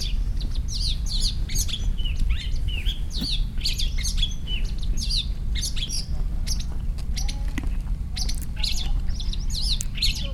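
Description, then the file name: Long-tailed shrike calls: a dense, continuous chatter of varied sharp notes and short whistles, barely pausing throughout, against low background rumble. "shrike-long-tailed -Lanius-schach"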